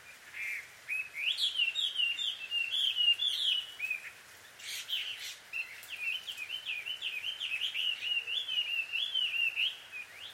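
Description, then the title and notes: Bird calls in a long twittering stream of quick warbled notes, briefly breaking off midway before resuming steadily. Birds quarrelling, described as a married couple's fight, at dusk; field recording in Takao, Japan. "鳥の夫婦喧嘩 – Birds Quarrel At Dusk. Recorded in Takao Japan"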